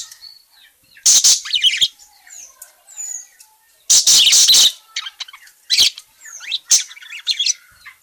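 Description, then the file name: Parakeet calls: bursts of harsh, high chattering notes with quick chirps and short whistled slurs between. Calling parakeet, described as gacor (in full, persistent voice). "suara burung parkit gacor memanggil"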